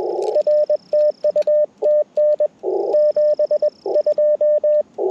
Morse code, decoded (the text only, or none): R TU TN 72